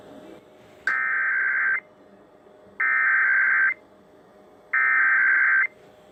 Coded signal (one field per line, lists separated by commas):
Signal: Emergency Alert System (SAME) tones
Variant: header bursts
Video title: Iowa Required Monthly Tests (EAS #976-995)